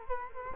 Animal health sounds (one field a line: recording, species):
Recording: mosquito wingbeat signal from an infrared sensor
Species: Culex quinquefasciatus